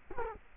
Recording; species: mosquito wingbeat signal from an infrared sensor; Culex quinquefasciatus